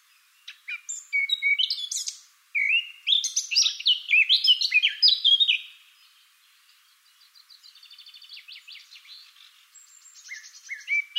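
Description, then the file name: Eurasian blackcap song: a rich, rapid warble of varied chirps and fluty notes, two bursts, then a quieter fast twittering and a final short phrase. "Sylvia atricapilla"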